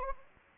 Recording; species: mosquito wingbeat signal from an infrared sensor; Anopheles gambiae